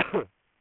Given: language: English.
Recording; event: throat vibration sensor signal played as sound; cough